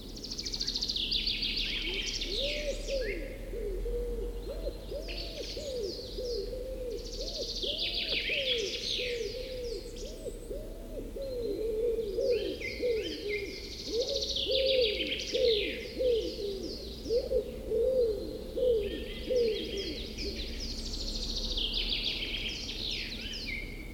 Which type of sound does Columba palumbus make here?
call